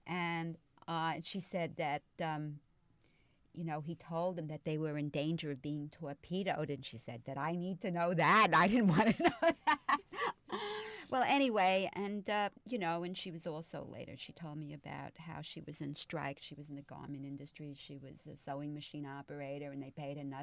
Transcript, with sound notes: And, and she said that, you know, he told them that they were in danger of being torpedoed, and she said, "Did I need to know that? I didn't want to know that." (She laughs.) Well, anyway, and, you know, she was also, later she told me about how she was on strike, she was in the garment industry, she was a sewing machine operator, and they paid her nothing.